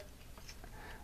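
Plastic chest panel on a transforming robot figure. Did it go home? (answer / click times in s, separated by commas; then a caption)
no / none. A plastic chest panel on a transforming robot figure is handled, with quiet, steady low-level handling noise and one brief faint tick around 0.6 s. The chest piece does not lock in at all, and nothing has seated or clicked.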